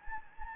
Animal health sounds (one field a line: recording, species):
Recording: mosquito wingbeat signal from an infrared sensor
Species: Anopheles gambiae